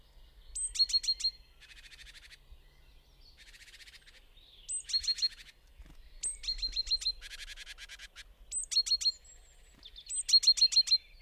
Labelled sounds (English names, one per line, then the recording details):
Great Tit call
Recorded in the wild
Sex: male
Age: adult
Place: Schönow, Naturpark Barnim, Brandenburg, DE
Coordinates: 52.69, 13.5125
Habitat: heath
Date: 2005-04-10
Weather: cloudy, 0°C, no wind
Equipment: Tascam DA-P1, Sennheiser MKH 70, Windschutz
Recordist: Frommolt, Karl-Heinz